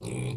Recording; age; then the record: pig call; weaner (32 to 43 days)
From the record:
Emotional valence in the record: negative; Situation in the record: short isolation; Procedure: open field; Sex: female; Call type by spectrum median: low-frequency call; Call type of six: low-frequency stable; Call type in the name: low-frequency stable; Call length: 0.38 s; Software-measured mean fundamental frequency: 61 Hz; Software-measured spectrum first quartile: 153 Hz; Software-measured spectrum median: 404 Hz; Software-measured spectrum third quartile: 2507 Hz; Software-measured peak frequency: 121 Hz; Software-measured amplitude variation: 102 dB a second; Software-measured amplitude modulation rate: 22.5 a second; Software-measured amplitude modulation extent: 4.5 dB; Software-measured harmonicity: 5.8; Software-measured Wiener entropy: -3.86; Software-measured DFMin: 1147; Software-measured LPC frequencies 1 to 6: 294, 2363, 3449, 3973, 4657, 5551 Hz